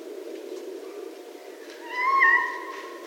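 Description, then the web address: Red fox call: a single drawn-out, harmonic, wavering cry lasting about a second near the end, over steady low background hiss. Recorded 7 January 2012. "Red Fox 2012 01 07"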